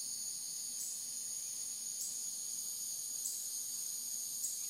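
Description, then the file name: Cicadas produce a steady, high-pitched shrill drone, with faint regular pulses running through it and no break. Recorded 26 August 2013 at 8:07 PM, in the evening. "Cicada Insects 8 26 13 8 07 PM"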